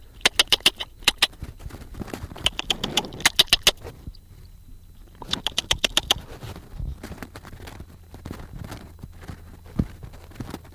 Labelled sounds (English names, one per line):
Western Bonelli's Warbler begging call